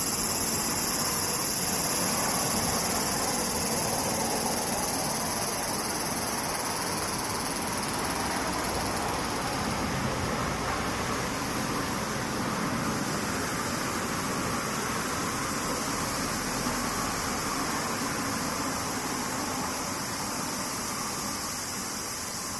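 Cicadas drone without a break for the whole stretch, a dense, hissing buzz that reaches very high and stays almost perfectly level. A fine, rapid flutter runs through it, with a faint low rumble underneath, and no separate events stand out.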